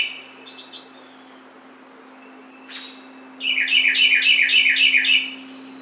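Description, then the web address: Carolina wren singing a rapid series of several ringing, downward-slurred notes after a few faint high chips, a low steady hum underneath. Recorded 12 June 2009. "Carolina Wren 2009 06 12"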